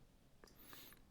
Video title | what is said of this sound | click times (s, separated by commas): Workstation Build Part 6: More Prep [2019] | and then boop it slides in you'll know what slides in because you'll hear it it'll click um | 0.4 s, 0.7 s